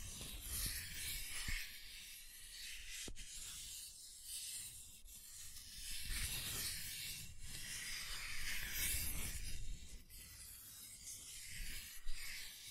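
Scratching and tracing sounds, a dry rubbing texture that swells and fades in strokes roughly every one to two seconds. The scraping is bright and hissy, with a low rumble underneath and a few sharp ticks, one stronger near the twelve-second mark.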